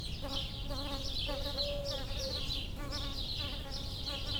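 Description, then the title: Bumblebee drone wavering in and out over a busy, noisy background. Bumblebees approaching flowering lavender, recorded with a pair of microphones placed in the lavender plant. "Abejorros En Flor"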